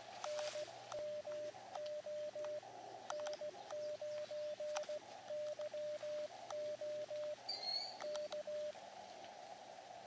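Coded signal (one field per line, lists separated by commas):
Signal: Morse code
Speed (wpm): 16 wpm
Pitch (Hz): 600 Hz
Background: radio noise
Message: NMO N9YO K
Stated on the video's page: QRP portable CW contact on an Elecraft KX2 with a random wire antenna, radio overheating in summer sun.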